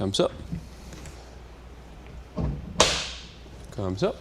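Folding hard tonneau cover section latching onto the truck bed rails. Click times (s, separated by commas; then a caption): 2.8 s. Someone talks as the next folding section of a homemade hard tonneau cover is lowered onto the truck bed rails. It latches shut with a sharp click at 2.8 s, seating the section in place, and then someone talks again.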